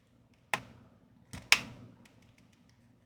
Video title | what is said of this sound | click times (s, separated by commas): Kenwood TH-D75 & TH-D74 Battery Upgrade That Actually Solves Battery Life | right, I heard it click on. So once it clicks on | 0.5 s, 1.5 s